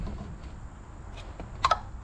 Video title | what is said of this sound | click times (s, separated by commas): 2018-22 VW Tiguan Spark Plug and Air Filter Replacement (Mobile Job) | So you hear that click. | 1.7 s